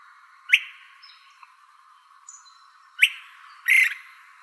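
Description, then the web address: Buff-collared flycatcher calling with sharp, upslurred notes, two spaced about two and a half seconds apart, then a buzzier burst. Calls recorded in Arizona. "Flycatchers. BCFL CALLS. deviche"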